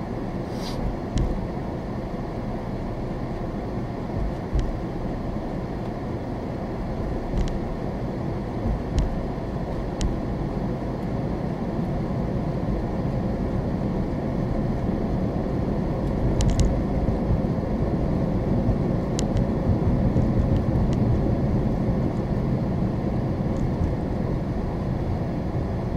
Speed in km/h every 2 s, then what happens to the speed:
26, 26, 26, 27, 31, 34, 39, 42, 45, 48, 44, 37, 32.
0-5 steady at about 26. 5-17 speeds up to 48. 19-26 slows to 32.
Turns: none.